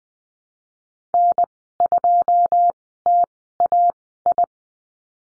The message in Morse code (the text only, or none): N2TAI